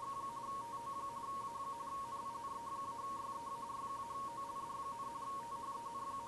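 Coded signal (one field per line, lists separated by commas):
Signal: RTTY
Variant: 45.45 baud, 170 Hz shift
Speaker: plug the usb cable in to power the arduino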